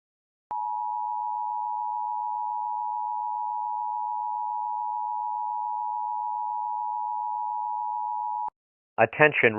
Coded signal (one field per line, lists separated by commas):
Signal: Emergency Alert System (SAME) tones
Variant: 853 and 960 Hz attention tone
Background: speech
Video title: EAS Scenario: CHAOS on the COAST